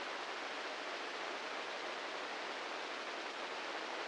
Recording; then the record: brain microelectrode recording played as sound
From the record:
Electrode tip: inside the subthalamic nucleus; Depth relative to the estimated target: -2 mm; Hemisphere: right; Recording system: NeuroSet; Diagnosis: Parkinson's disease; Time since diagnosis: 15 years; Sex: male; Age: 65 years